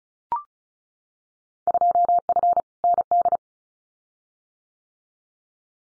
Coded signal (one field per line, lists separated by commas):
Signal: Morse code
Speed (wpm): 36 wpm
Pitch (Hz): 700 Hz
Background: none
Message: 2F ND